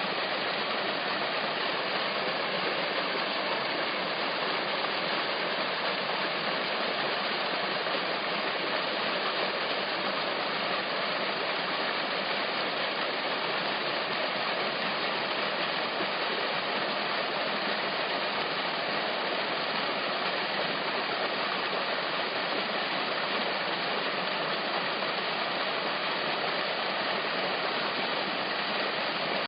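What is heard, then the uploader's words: A waterfall pours steadily into a stream, a dense, unchanging rush of water that fills the mid and upper range throughout. Lovely sound of a waterfall in the stream at Mo Ranch Conference Center near Hunt, Texas.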